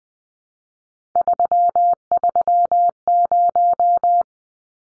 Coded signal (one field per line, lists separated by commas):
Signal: Morse code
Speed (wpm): 20 wpm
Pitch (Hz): 700 Hz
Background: none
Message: 330